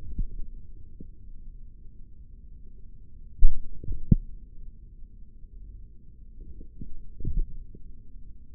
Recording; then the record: forearm muscle sounds (acoustic myography)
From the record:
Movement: finger pinch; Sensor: system 3, bracelet of six PUI Audio POM-2738L microphones around the upper forearm, with dedicated amplification and filtering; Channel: 6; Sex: male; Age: 56 years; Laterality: right